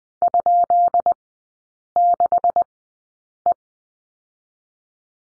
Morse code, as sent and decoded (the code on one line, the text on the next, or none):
..--.. -.... .
?6E